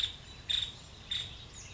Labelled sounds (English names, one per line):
Nuttall's Woodpecker